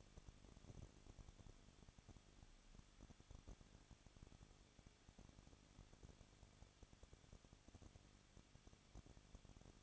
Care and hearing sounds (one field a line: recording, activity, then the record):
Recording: daily activity, microphone in the room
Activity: no activity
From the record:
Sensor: 4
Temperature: 23.1 degrees Celsius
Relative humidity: 34.3%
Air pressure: 1007.2 hPa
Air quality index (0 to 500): 214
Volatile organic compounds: 14 ppm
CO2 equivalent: 2463 ppm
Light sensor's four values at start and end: 2/3/1/1 and 2/3/1/1